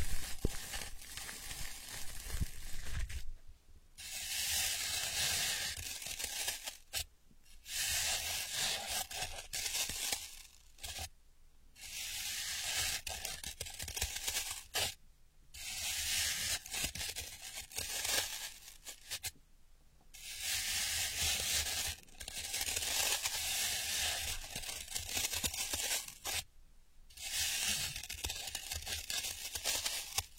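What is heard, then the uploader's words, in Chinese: Crackly ear scratching in long bright rustling bursts, broken by short silent pauses every few seconds, with a faint low rumble underneath. 姐姐抠耳朵催眠8（声控助眠）。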